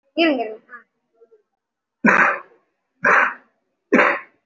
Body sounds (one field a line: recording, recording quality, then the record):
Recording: shallow voluntary cough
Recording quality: excellent, no background noise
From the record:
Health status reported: respiratory illness, not identified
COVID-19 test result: negative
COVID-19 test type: RT-PCR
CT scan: not taken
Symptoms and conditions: cough, cold, breathing difficulty, fatigue, muscle pain, chronic lung disease, pneumonia, diabetes, another condition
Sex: male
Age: 55 years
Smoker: yes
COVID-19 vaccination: none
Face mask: worn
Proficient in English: no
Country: India